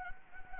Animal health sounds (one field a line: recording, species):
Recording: mosquito wingbeat signal from an infrared sensor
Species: Anopheles gambiae